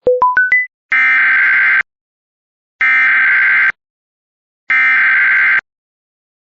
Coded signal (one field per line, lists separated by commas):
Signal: Emergency Alert System (SAME) tones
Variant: header bursts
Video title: EAS #942-943 LAE AND EVI (this is only the beginning)